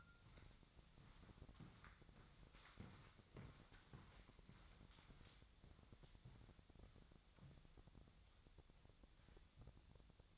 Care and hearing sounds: daily activity, microphone in the room; walk to room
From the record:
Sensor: 3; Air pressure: 999.4 hPa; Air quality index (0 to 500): 195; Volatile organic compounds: 42 ppm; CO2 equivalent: 3184 ppm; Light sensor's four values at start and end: 8/19/8/7 and 8/19/8/7

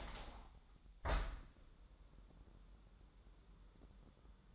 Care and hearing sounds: daily activity, microphone in the room; open window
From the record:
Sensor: 3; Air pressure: 1000.3 hPa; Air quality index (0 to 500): 244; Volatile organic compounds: 153 ppm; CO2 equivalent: 4037 ppm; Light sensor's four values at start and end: 10/23/9/9 and 10/24/10/10

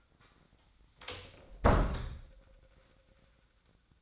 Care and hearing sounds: daily activity, microphone in the room; close door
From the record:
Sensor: 3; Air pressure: 1009.2 hPa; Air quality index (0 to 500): 201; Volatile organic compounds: 4 ppm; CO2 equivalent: 1613 ppm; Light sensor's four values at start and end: 43/112/48/48 and 43/112/48/48

